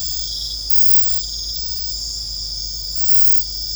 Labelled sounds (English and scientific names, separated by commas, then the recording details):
none
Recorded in secondary vegetation near Puerto Asís, Putumayo, Colombia, on 20 December 2024 at 22:00
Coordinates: 0.499, -76.323
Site G010